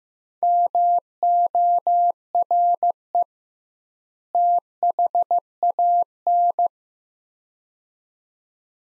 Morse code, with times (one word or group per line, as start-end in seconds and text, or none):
0.4-3.2 MORE
4.3-6.7 THAN